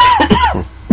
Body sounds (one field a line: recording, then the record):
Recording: coughing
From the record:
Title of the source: Dry Coughing Fit in the Afternoon.